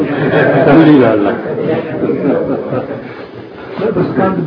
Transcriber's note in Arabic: ضحك الحضور